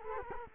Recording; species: mosquito wingbeat signal from an infrared sensor; Culex quinquefasciatus